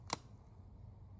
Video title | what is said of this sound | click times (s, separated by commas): Husqvarna Wheeled String Trimmer Wont Start Briggs 675EXi Carb CLeaning Fix Also 300E 500E | Put it on and in place. You're going to hear it pop up and see the tip go | 0.1 s